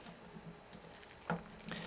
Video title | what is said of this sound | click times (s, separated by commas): Unboxing: Medicom Mafex John Wick with Little Armory Test | The ball joint popped out because I was really trying to get that one to come in. | 1.3 s